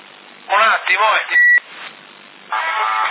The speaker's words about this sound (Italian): Un attimo che mi squilla.